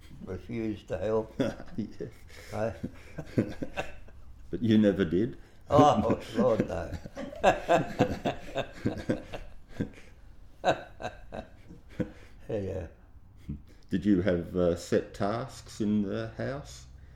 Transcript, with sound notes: refuse to help [laughs]
But you never did?
Lord no [laughs]
Did you have set tasks in the house?